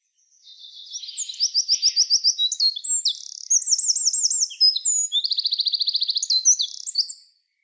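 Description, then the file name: Eurasian wren singing a fast, loud cascade of high ringing notes and rattling trills, changing pace several times across one continuous burst. "Troglodytes troglodytes"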